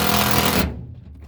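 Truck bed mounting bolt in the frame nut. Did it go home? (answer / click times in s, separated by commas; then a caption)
no / none. An impact tool hammers on a Ford F150 truck bed mounting bolt in the frame nut with a loud, rattling buzz for about 0.6 seconds, then stops and the sound fades out. The bolt turns but does not come out because something has stripped underneath, and nothing has seated or clicked.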